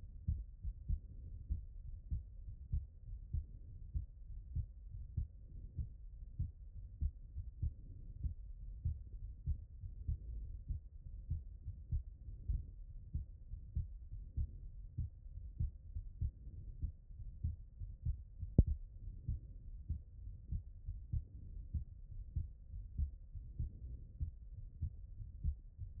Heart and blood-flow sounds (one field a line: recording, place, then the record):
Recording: heart sounds by stethoscope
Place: tricuspid valve (TV)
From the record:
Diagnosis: HFrEF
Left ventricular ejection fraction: 25%